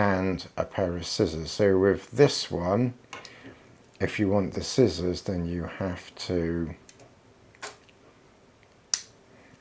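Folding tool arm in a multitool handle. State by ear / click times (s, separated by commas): seated / 8.9 s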